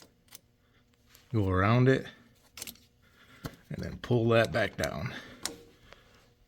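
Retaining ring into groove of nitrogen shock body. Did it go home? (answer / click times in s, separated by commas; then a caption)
yes / 5.4 s. On a Yamaha RMAX 1000 Fox 2.0 nitrogen shock, the shaft is pulled back down so the metal retaining ring seats in its groove inside the shock body. Someone talks over light metallic handling sounds, and a sharp tick at 5.4 s marks the ring seating, which is confirmed right after.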